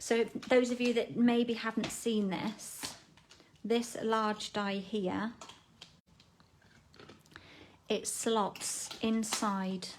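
A large metal cutting die is picked up and lined up with a plastic embossing folder before being slotted inside, while someone talks. Faint handling taps and rustles come between the speech around 5.8 to 7.4 seconds. Nothing has seated or clicked into place yet.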